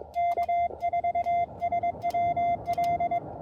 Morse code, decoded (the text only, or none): K4SWL